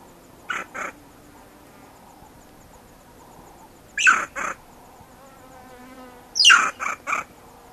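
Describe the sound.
Banded mongoose calls: three short bursts, the first a pair of clipped pulses, the others a harsh sweep followed by one or two clipped pulses, spaced a few seconds apart in quiet surroundings.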